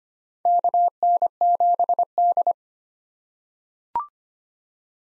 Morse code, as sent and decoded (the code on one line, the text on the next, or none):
-.- -. --... -..
KN7D